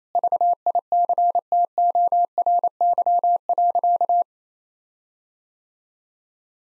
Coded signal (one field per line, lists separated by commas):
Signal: Morse code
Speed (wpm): 28 wpm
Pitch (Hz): 700 Hz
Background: none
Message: VICTORY.